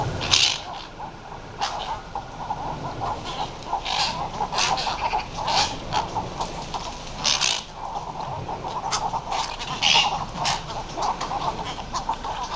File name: Western cattle egret